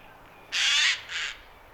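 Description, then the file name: Eurasian jay: one loud, grating screech followed at once by a shorter, softer second rasp. "Garrulus glandarius"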